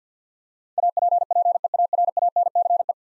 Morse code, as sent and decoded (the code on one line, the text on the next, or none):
.- .--. .--. . .- .-. .- -. -.-. .
APPEARANCE